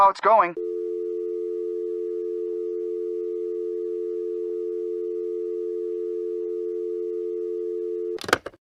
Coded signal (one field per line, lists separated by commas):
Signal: telephone call progress tone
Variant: North America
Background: speech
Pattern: dial tone